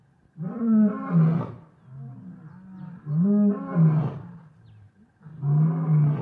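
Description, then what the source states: Lion roaring in three deep, drawn-out bouts, each a throaty moan rising then falling, with quieter grunts between. Lions in the savannah.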